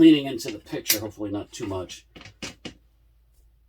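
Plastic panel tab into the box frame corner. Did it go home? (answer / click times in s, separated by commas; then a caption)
yes / 2.7 s. A corner of a plastic stackable shoe storage box panel is pressed until its vertical tab locks into the box frame corner. Someone talks over the work, and a short sharp click at 2.7 seconds marks the tab clicking in and the corner seated.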